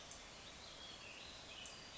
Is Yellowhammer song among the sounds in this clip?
no